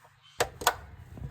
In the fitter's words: Once you hear it lock, you know it's in there.